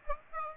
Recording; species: mosquito wingbeat signal from an infrared sensor; Aedes aegypti